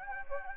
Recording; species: mosquito wingbeat signal from an infrared sensor; Anopheles gambiae